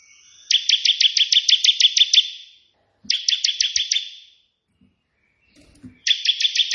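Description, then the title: Prinia song: three bursts of rapid, evenly repeated sharp chirping notes, the first lasting nearly two seconds, separated by short pauses, with faint low knocks between. Prenjak putih song in three 'tembakan' variations, suitable as tutor song ('masteran') for training pet prinias. "3 VARIASI TEMBAKAN prenjak putih ini COCOK untuk masteran prenjak anda"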